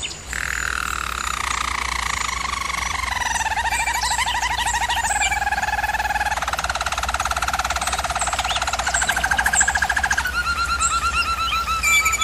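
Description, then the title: German Roller canary song, continuous rolling trills in long sustained tours that step between pitches, with a faint steady low hum beneath. German Roller canary singing, for canary training. "German Roller Canary Singing - Canary Training Vid"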